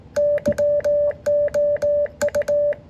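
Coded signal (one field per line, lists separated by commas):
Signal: Morse code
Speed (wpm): 29 wpm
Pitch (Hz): 580 Hz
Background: music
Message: YOU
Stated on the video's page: 15 m CW contact with Japan using phased half-square verticals, with the far station running 1 kW into a 5-element beam.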